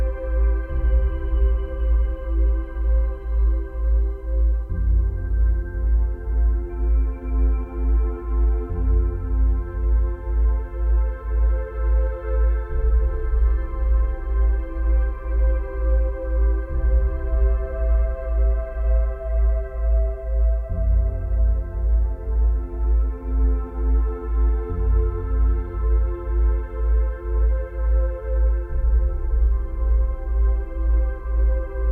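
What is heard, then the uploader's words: Isochronic tones pulse in a fast, perfectly regular beat over a steady low hum that never lets up. A layered drone of stacked tones sits above, its lower part shifting every four seconds or so in a repeating pattern. Nothing else interrupts. Isochronic Tones.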